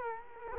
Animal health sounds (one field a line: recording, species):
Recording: mosquito wingbeat signal from an infrared sensor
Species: Culex quinquefasciatus